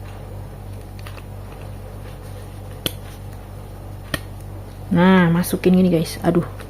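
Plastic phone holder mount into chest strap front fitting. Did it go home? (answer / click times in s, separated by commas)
no / none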